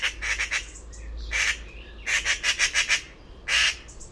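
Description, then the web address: Bird producing repeated bursts of harsh, rasping pulsed squawks separated by brief quieter gaps. "Bird Only More Classes Pi Pi Pi Pi"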